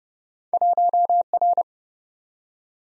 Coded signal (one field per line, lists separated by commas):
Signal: Morse code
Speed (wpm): 32 wpm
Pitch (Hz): 700 Hz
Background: none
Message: 1R